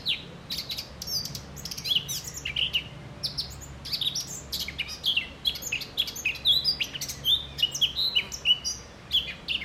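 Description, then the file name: Eurasian blackcap song, a busy chattering warble with sharp high notes and short whistled slurs, delivered continuously. "Sylvia atricapilla"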